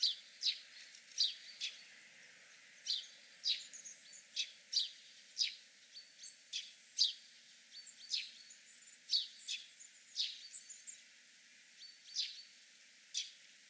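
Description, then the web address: House sparrow chirps, short sharp notes repeated irregularly, sometimes in quick pairs or clusters, over a thin hiss with no other clear sounds. "haussperling"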